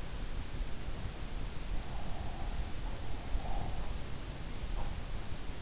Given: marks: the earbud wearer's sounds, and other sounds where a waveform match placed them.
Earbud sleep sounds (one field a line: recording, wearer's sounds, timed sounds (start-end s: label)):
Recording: sounds in sleep by an in-ear microphone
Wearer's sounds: breath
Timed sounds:
2.01-3.92 s: breath